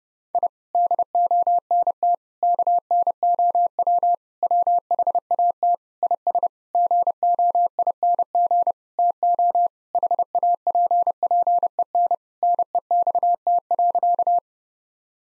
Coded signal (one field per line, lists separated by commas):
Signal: Morse code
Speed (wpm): 30 wpm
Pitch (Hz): 700 Hz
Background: none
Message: I DONT KNOW WHAT IS GOING TO HAPPEN NEXT.